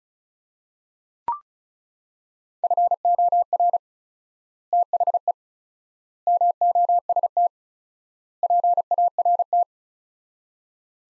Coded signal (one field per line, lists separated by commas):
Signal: Morse code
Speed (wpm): 36 wpm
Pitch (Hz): 700 Hz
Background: none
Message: FOR THE MOST PART